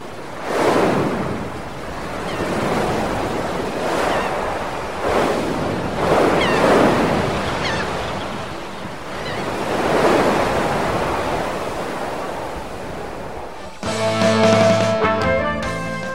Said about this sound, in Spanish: Ay, qué lindo que está el mar, tío.